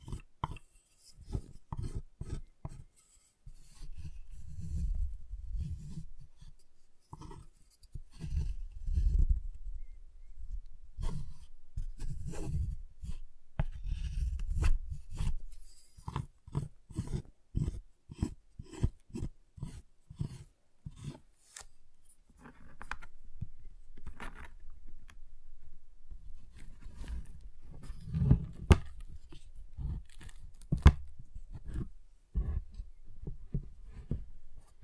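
Tapping, cutting and snapping on a giant chocolate bar: dense runs of sharp clicks and taps, with bursts of low thudding around 5, 9, 14 and 28 seconds. Brief quiet gaps break the activity, and a soft low rumble sits underneath in later stretches.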